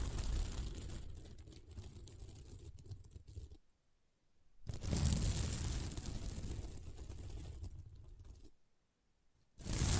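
A sequin mermaid pillow being scratched in long rough rubbing strokes, with two clear pauses of near silence, the last stroke starting just before the end.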